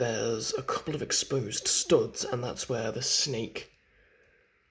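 A plastic brick-built snake is handled near the exposed studs on the back of a brick-built robot in bird mode, where it is meant to snap on. Someone talks until about 3.6 s, followed by a short quiet stretch. Nothing has seated or clicked yet.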